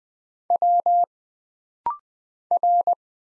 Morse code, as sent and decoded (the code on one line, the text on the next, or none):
.-- / .-.
W R